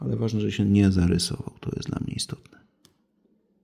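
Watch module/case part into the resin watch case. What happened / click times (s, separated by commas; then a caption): The plastic part is handled but has not snapped home yet / none. During a display replacement on a Casio G-Shock GW-M5610U-1B, the watch module/case part rests in the resin watch case and is being handled and pressed into place. Someone talks for most of the clip, then it falls quiet apart from a faint brief tick. Nothing has seated or clicked yet.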